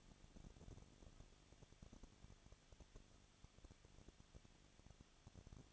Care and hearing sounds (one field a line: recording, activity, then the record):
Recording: daily activity, microphone in the room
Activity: no activity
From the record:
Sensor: 4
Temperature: 23.0 degrees Celsius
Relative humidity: 34.3%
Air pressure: 1007.2 hPa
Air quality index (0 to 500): 218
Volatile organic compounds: 16 ppm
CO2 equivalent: 2523 ppm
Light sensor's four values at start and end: 2/3/1/1 and 2/3/1/1